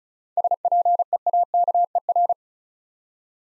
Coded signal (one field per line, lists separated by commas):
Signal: Morse code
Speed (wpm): 36 wpm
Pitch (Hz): 700 Hz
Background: none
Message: SPEAKER